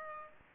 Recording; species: mosquito wingbeat signal from an infrared sensor; Aedes aegypti